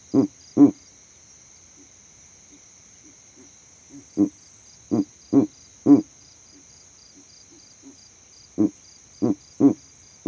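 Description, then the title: Verreaux's eagle owl giving deep grunting hoots in irregular bursts: two, then four, then four more, against a steady high-pitched insect trill. Male advertising his territory from a tree in the savanna; overnight recording rig set in that same tree. "Owl Calling In The Savanna"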